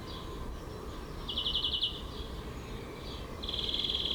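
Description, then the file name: European greenfinch song: a rapid ringing trill, a pause, then a longer, finer trill. "Chloris chloris"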